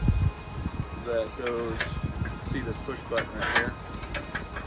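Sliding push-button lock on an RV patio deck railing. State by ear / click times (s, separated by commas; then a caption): seated / 4.0 s, 4.2 s, 4.4 s. Someone talks as a metal sliding push-button lock on the patio deck railing of a DRV MX450 toy hauler RV is slid into place. Quick sharp clicks sound at about 4.0, 4.2 and 4.4 seconds as the lock engages and seats, securing the railing.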